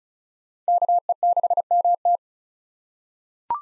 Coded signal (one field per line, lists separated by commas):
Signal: Morse code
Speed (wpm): 36 wpm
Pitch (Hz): 700 Hz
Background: none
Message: KE6MT